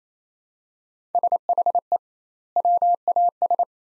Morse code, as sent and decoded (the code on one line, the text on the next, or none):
... .... . / .-- .- ...
SHE WAS